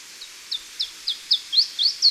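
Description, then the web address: Iberian chiffchaff singing a run of eight high, clipped notes that grow louder and become slightly rising and slurred toward the close, over faint hiss. Recorded in Portugal. "Phylloscopus ibericus Portugali"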